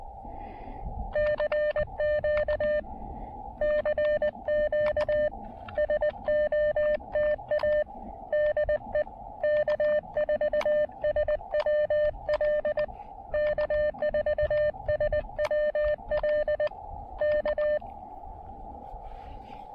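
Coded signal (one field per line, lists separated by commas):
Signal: Morse code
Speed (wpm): 19 wpm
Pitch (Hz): 590 Hz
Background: none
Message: CQ CQ SOTA DE K4SWL K4SWL K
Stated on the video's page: Combined SOTA and POTA activation, QRP at 5 watts with a speaker-wire antenna, working DX.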